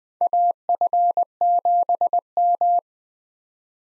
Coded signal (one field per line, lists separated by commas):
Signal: Morse code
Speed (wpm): 20 wpm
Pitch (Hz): 700 Hz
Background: none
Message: AF7M